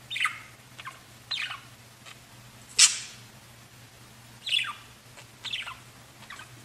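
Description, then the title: Budgerigar chirps, a few separate scratchy downslurred calls with one sharp loud squawk, over a low steady hum. "Budgie Sounds"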